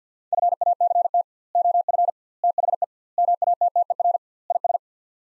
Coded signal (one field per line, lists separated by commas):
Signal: Morse code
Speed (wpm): 50 wpm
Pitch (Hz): 700 Hz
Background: none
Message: FACT OF THE MATTER IS